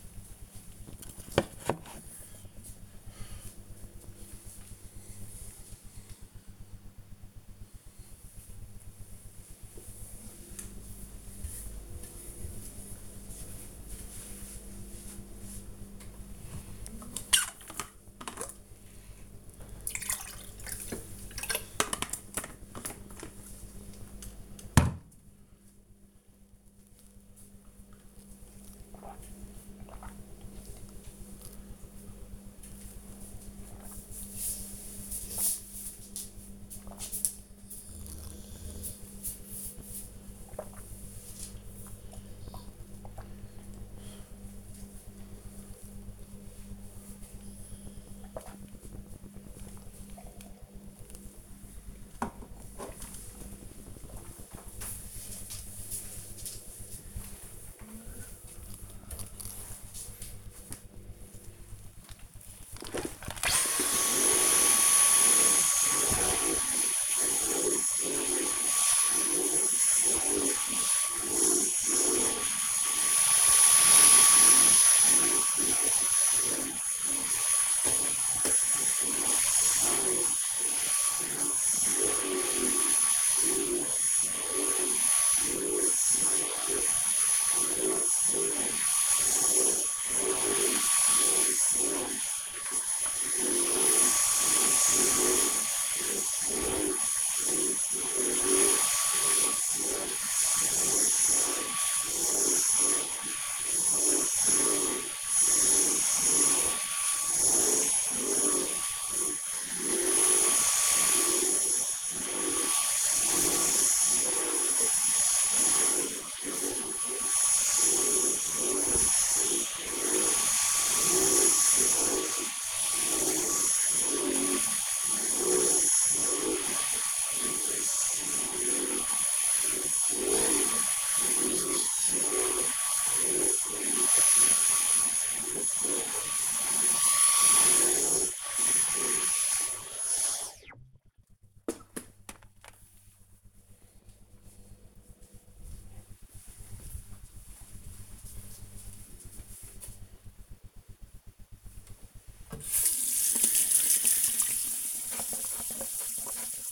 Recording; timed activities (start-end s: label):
household activities, microphone on the right wrist
16.04-51.33 s: drinking
61.40-140.05 s: vacuum cleaning
151.16-156.72 s: washing hands